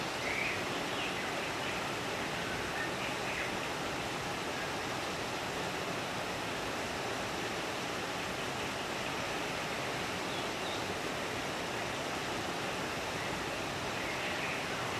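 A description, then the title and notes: A soothing hum of white noise runs unbroken for the whole clip, a dense, even rush that holds its level from start to finish. It sounds like steady falling water or a stream, bright and hissy, with faint brief chirps poking through now and then. Calm in the Forest. A soothing blend of gentle sounds, including the soothing hum of white noise and calming nature sounds.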